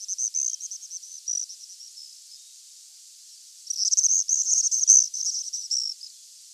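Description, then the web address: Andean swift giving a thin, rapid chatter that fades out, then a second, louder burst of high, buzzy twittering after a brief pause. "chant xeno-canto martinet des andes"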